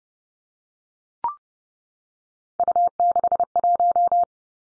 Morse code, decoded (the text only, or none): U61